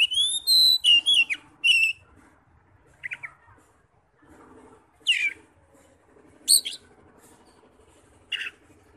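Oriental magpie-robin: opening burst of rising whistled phrases, then a few sparse sharp notes spaced every second or two.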